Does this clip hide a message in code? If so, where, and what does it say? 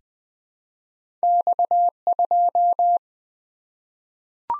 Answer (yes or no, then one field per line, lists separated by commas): yes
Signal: Morse code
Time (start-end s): 1.2-3.0 s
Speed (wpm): 20 wpm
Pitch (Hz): 700 Hz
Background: none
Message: X2